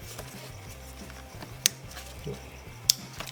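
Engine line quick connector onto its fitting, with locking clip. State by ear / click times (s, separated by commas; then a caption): seated / 1.7 s, 2.9 s. During reassembly after a spark plug job on an M272 engine in an S211, a plastic quick connector on an engine line is pushed down onto its fitting and seats with a sharp click at 1.7 s. Its locking clip is then pushed back on with a second click at 2.9 s. A low steady hum runs underneath, and the connector ends up fully seated and locked.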